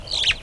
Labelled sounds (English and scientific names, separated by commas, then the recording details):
Superb Starling (Lamprotornis superbus) flight call
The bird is a female
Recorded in Kenya on 7 April 2009 at 14:11
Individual 74, of group MRCV